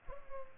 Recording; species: mosquito wingbeat signal from an infrared sensor; Culex pipiens